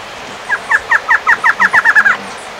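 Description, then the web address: Bird delivering a quick series of about a dozen sharp chirping notes, slightly quickening towards the end, over a faint background rumble. "BIRD 2015 SABIOD"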